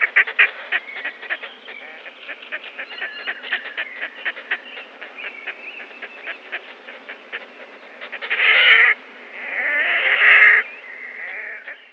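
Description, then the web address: Red-necked grebe chattering in rapid, clicking repeated notes, then breaking into two loud, drawn-out squealing wails near the end. "Schulze Peter Red-necked Grebe"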